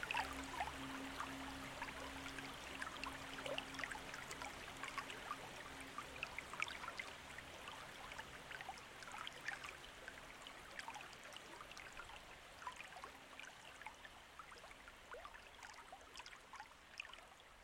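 Water runs along a riverbank in a dense, steady babble of small splashes and trickles, bright and busy across the whole clip. A low steady hum sits underneath, holding through the first half and returning faintly later, while the overall level eases slightly toward the end.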